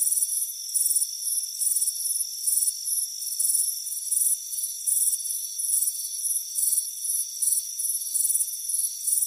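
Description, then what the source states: Crickets chirping in high, pulsed bursts, nearly two per second, over a steady thin whine of constant high tones. Crickets chirping on a warm afternoon by a front porch.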